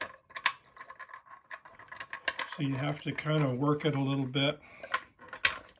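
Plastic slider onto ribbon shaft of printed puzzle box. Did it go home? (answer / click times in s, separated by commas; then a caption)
no / none. A 3D-printed plastic slider is worked onto the shaft that comes out of the ribbon of a 3D-printed puzzle gift box, a tight, snug fit. Short plastic clicks and scrapes are heard while someone talks. The slider has not seated or clicked into place yet.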